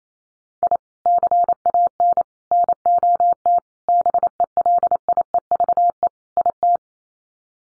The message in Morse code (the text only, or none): I CAN NOT BELIEVE IT